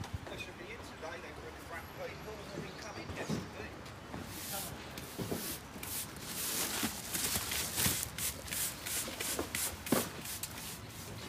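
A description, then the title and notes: Sounds at a recycling centre: a steady low rumble underlies a busy run of clattering and rubbing noises. Sharp knocks and scrapes come every second or so, growing brighter and more frequent after about four seconds, with faint voices mixed in. Recycling Centre.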